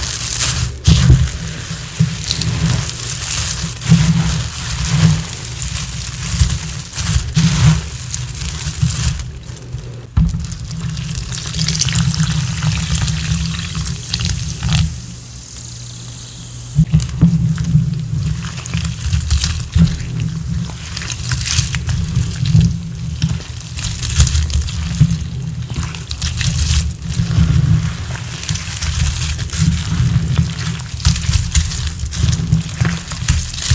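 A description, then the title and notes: Wet chalk slabs are crushed and squished in water, with a dense low rumble, crackly bright fizzing, and a brief quieter pause near fifteen seconds. ASMR gym chalk reforms water crush including confetti slabs, instant snow reforms, and mudpie slabs crushed.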